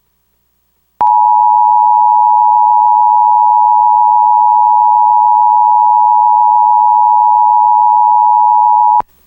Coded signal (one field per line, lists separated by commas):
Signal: Emergency Alert System (SAME) tones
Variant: 853 and 960 Hz attention tone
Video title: EAS #274-276: 1 NWR and 2 EAS Required Monthly Tests- Oct. 18, 2018- 10:30AM PDT